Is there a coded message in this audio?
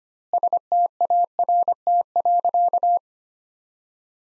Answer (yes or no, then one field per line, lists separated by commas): yes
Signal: Morse code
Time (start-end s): 0.3-3.0 s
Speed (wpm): 25 wpm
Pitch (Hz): 700 Hz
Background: none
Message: START.